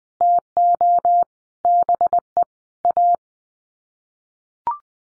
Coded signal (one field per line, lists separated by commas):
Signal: Morse code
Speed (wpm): 20 wpm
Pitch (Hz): 700 Hz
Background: none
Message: TO BE A